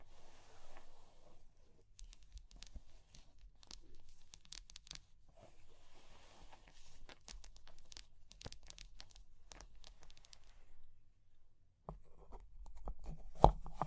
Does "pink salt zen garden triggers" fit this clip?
no